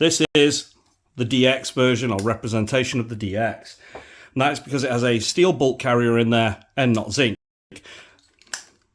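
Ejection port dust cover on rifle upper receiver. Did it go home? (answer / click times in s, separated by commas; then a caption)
yes / 8.5 s. Someone talks about a 2025 GHK HK 416A5 gas blowback airsoft rifle, the DX version with a steel bolt carrier rather than zinc, as identified with a magnet. The ejection port dust cover on the rifle's upper receiver is then closed and snaps shut with a sharp click at 8.5 s, locking in place.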